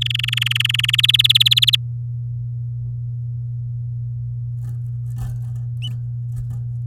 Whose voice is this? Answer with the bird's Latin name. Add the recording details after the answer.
Serinus canaria. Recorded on 11 May 2018 at 09:26. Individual llb16